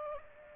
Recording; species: mosquito wingbeat signal from an infrared sensor; Aedes aegypti